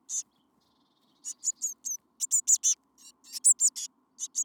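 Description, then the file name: Eurasian blue tit giving sharp, high notes: a single note, a pause, then quick runs of several notes. "Cyanistes caeruleus"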